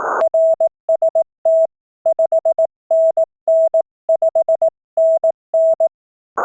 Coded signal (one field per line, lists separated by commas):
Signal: Morse code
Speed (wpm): 18 wpm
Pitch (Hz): 650 Hz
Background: none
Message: RST 5NN 5NN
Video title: CW Morse Code QSO's 19th April 2020